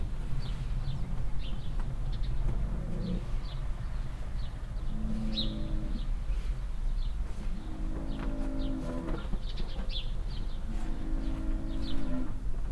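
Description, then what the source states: Cow mooing repeatedly, several long low moos spread throughout, over a constant low rumble of passing traffic and scattered bird chirps. Cow at a farmstead beside a willow in Heiderscheid, mooing constantly and loudly while moving behind a bush; other cows answer more quietly; cars on nearby street, chirping birds.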